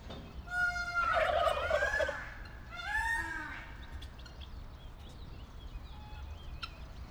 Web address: allathangok nyiregyhazizoo 2010 standardt parasztudvar pulyka gyongytyukhatter